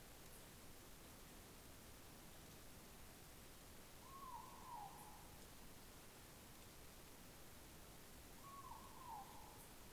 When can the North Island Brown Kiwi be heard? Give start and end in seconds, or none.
none